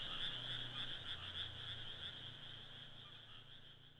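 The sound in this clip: Frogs calling together in a steady high trilling chorus with faint pulsed notes, gradually fading, over a low droning hum.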